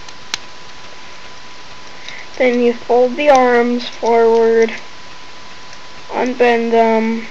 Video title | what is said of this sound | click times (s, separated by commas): Commander class optimus prime | twist them all the way around and they should click in place right there | 0.3 s